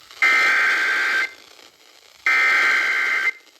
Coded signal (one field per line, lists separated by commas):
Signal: Emergency Alert System (SAME) tones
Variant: header bursts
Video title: (EAS #1177) Severe Thunderstorm Warning WKVG 94.5 FM 5/22/26